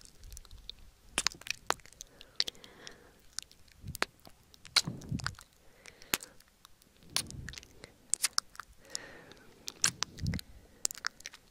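Wet mouth sounds with sharp clicks and smacks scattered irregularly, plus a few softer low puffs around four, five, seven and ten seconds.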